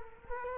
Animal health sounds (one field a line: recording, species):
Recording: mosquito wingbeat signal from an infrared sensor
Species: Culex quinquefasciatus